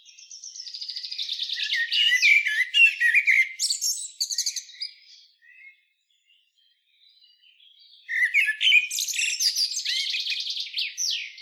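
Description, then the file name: Common blackbird producing a long stretch of rapid, squeaky twittering, broken by a pause of a few seconds before the twittering resumes. "Turdus merula"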